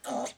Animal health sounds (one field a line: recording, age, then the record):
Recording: pig call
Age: piglet (1 to 25 days)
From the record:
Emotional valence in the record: negative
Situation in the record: restrain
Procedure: back test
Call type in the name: low-frequency call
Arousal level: maximum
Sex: female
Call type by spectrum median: low-frequency call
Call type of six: low-frequency stable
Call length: 0.38 s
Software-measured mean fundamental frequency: 58 Hz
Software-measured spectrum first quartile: 584 Hz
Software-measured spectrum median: 996 Hz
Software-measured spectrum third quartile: 4673 Hz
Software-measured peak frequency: 604 Hz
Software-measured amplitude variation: 168 dB a second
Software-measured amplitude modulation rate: 17.2 a second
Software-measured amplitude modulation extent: 9.8 dB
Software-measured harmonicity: 0.8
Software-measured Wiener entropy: -2.23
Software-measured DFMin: 790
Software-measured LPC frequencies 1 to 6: 666, 1999, 3258, 3709, 4529, 6313 Hz